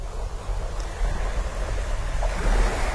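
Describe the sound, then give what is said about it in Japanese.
Steady surf washes ashore on the coral beach of an island in broad, rushing foamy waves, the hiss rising and falling with a low rumble beneath and a touch of wind. “サンゴの浜にうつ伏せに倒れ、泡立った波が背中を撫でる。”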